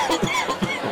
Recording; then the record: coughing mixed with background sound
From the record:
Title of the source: Dry Coughing Fit in the Afternoon.